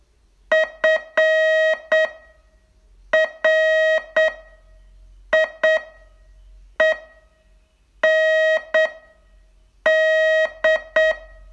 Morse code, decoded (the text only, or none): FRIEND